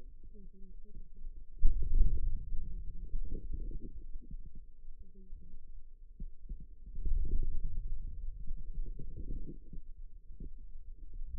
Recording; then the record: forearm muscle sounds (acoustic myography)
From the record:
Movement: wrist flexion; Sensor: system 2, bracelet of six BSWA MPA416 microphones around the upper forearm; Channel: 4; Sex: female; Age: 21 years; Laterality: right